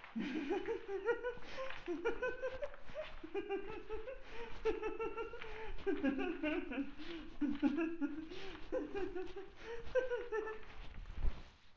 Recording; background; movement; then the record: laughter; quiet; walking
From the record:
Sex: female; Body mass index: 36.4 kg/m2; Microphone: on the chest, facing outward